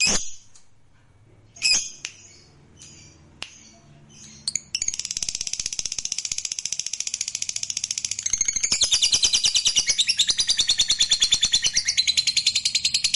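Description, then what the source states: Lovebird giving a few sharp separate chirps, then breaking into a long loud rapid chattering trill that grows stronger toward the end. Fighter lovebird performing ngekek panjang, a long trill.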